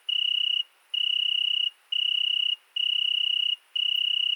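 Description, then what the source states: Italian tree cricket producing a sweet, continuous-sounding trill broken into five long notes with short silent gaps between them. Singing at night, 22:30 on 13 August 2020, in the Virginia creeper under a window at Fourcinet ValMaravel, present for two nights; recorded on a Nagra Seven with MKH40 cardioid microphone.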